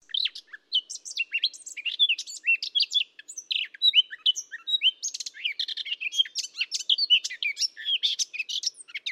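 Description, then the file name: Eurasian blackcap giving a steady stream of rapid chattering and whistled warbling notes throughout. "Sylvia atricapilla"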